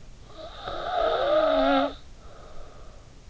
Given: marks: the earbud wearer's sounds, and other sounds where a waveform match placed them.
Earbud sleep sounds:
sounds in sleep by an in-ear microphone; snoring breath
0.38-3.27 s: snoring breath

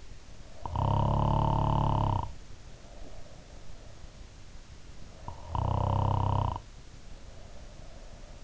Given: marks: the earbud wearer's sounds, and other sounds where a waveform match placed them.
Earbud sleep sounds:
sounds in sleep by an in-ear microphone; snoring breath
0.44-3.87 s: snoring breath
4.96-8.44 s: snoring breath

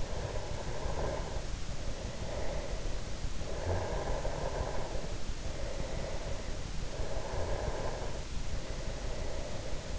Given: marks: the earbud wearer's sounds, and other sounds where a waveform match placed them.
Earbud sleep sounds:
sounds in sleep by an in-ear microphone; snoring breath
0.00-3.29 s: snoring breath
3.48-6.70 s: snoring breath
6.92-9.99 s: snoring breath

